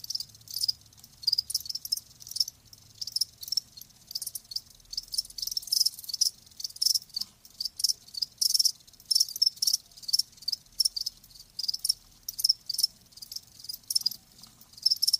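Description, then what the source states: Crickets giving high pulsed chirps in irregular bursts, with a faint low hum underneath. Live crickets, presented as a sleep sound.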